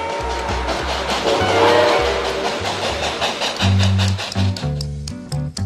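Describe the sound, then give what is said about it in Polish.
A train at a large railway station in Poland that serves 15 million passengers a year: steady mechanical rumble with low droning tones, sustained horn-like pitches and a run of sharp metallic clanks toward the end, with no voices. “Dworzec obsługuje 15 milionów pasażerów w ciągu roku.”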